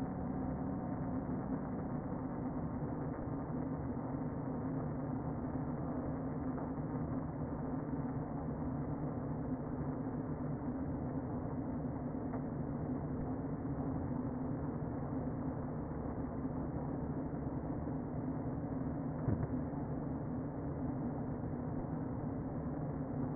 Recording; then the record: honeybee colony, microphone inside the hive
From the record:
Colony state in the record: queen present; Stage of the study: before two queens were removed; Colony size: about 60,000 bees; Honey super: yes